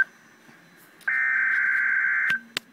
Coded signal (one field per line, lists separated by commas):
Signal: Emergency Alert System (SAME) tones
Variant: header bursts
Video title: REAL EAS 409-Tornado warning